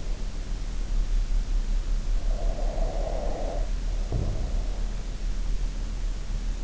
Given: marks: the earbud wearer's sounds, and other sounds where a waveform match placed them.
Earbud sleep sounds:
sounds in sleep by an in-ear microphone; breath
2.33-4.92 s: breath

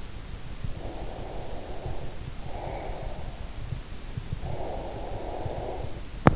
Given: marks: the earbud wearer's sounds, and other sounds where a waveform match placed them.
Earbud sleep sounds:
sounds in sleep by an in-ear microphone; breath, teeth grinding
0.69-3.49 s: breath
4.40-6.16 s: breath
6.16-6.36 s: teeth grinding

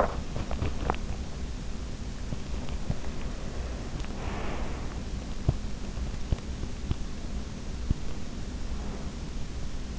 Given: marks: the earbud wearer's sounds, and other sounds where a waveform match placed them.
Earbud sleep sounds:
sounds in sleep by an in-ear microphone; swallowing, breath
0.00-1.37 s: swallowing
2.31-3.07 s: sound from someone else or the room
3.98-5.25 s: breath
5.36-8.09 s: sound from someone else or the room

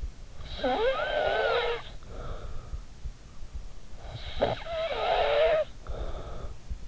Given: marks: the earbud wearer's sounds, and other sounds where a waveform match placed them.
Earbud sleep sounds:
sounds in sleep by an in-ear microphone; snoring breath
0.03-3.20 s: snoring breath
3.80-6.88 s: snoring breath

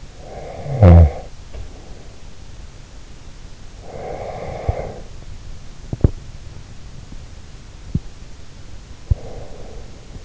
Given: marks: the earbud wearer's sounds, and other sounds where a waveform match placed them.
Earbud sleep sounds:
sounds in sleep by an in-ear microphone; snoring breath, breath, teeth grinding
0.00-2.47 s: snoring breath
3.71-5.52 s: breath
5.84-6.24 s: teeth grinding
7.83-8.12 s: teeth grinding
9.13-10.25 s: breath

